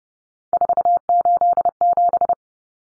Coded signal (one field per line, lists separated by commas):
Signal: Morse code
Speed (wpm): 30 wpm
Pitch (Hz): 700 Hz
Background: none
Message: 487